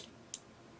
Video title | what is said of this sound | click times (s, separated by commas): You Won't BELIEVE What I Found In This Nintendo Switch - No Power - Can I Fix It?! | And just pops right out. Nice. | 0.3 s